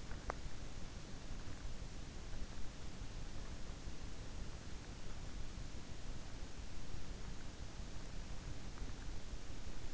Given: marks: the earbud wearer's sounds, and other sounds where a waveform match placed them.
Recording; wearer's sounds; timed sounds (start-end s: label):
sounds in sleep by an in-ear microphone; teeth grinding
0.00-0.62 s: teeth grinding